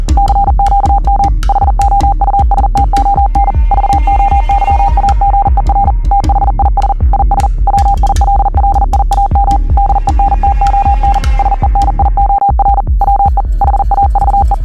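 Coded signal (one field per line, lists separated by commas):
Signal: Morse code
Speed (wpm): 40 wpm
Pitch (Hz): 800 Hz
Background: music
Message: CQM HOUSTON VOYAGER THIS IS WILLIAM DENTON SENIOR WE HAVE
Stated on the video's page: Part of a fictional documentary, a recreation.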